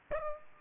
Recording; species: mosquito wingbeat signal from an infrared sensor; Aedes aegypti